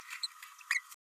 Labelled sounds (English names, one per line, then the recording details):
Green-rumped Parrotlet babbling
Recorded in a nest box in Venezuela
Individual 18B104A3